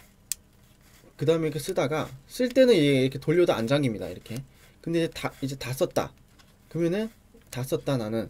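A lock button on the retracted collapsible zoom kit lens of a Canon EOS M50 mirrorless camera is pushed and the barrel is twisted out to its shooting position, since the lens cannot turn until the lock is pushed. A sharp click at 0.3 s marks the lock releasing and the barrel stopping, leaving the lens unlocked. Someone then talks for the rest of the clip.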